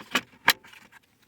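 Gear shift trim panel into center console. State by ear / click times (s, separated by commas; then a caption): seated / 0.5 s. A plastic trim panel around the gear shifter of a Toyota is pushed down into the center console during reassembly after a gear shift light harness replacement. A softer snap at 0.2 s is followed by a sharp, bright click at 0.5 s as the panel seats in place, with a faint tap near the end of the clip.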